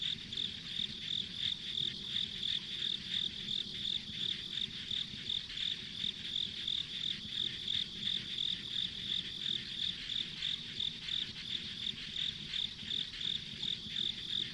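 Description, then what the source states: Continuous insect chorus, a bright repeated chirp keeping an even beat near three per second over a high shimmering buzz. Ambient insect sounds on a rural country road.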